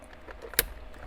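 A plastic camera harness connector end is pushed into its mating harness connector during a Binize Android 13 car stereo installation in a 2012–2017 Toyota Prius V. A few faint handling ticks lead up to one sharp, bright click at 0.6 s, and the connector is seated.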